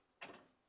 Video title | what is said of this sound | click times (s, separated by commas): How to replace Freezer Light Switch part # WR23X10725 on your GE Refrigerator | align the switch so that the locking tab is on the bottom and press until it snaps into place. | 0.2 s